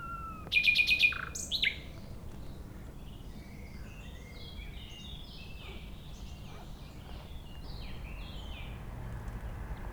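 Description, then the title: Nightingale song: a loud burst of rapid, repeated metallic notes followed by a short sharp phrase, then fainter twittering over a low background rumble. Singing in a bush between a railway line and the shore of Lac du Bourget, Entrelacs, France, unafraid of passing trains, with road traffic audible. "2 D991, Entrelacs, France - Rossignol ferroviaire"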